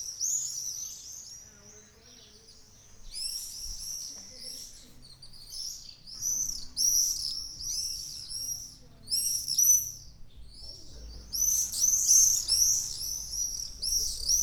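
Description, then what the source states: Swallows twittering in bursts of high, rapid chirps and warbles, with short quiet gaps between flurries and faint low background rumble. About twenty swallows flying fast low over houses in Ollo, Navarra, Spain, on a summer morning; birds said to stop twittering when recording starts.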